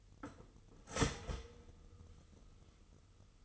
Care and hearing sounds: daily activity, microphone in the room; start toaster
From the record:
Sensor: 4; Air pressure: 989.4 hPa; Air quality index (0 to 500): 215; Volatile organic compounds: 65 ppm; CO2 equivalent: 3473 ppm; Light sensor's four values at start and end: 23/80/29/31 and 23/81/30/31

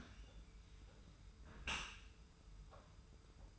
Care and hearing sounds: daily activity, microphone in the room; close dishwasher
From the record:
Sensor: 2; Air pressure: 991.2 hPa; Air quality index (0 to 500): 140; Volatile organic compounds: 252 ppm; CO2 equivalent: 4366 ppm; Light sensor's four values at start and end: 39/113/45/43 and 39/113/45/43

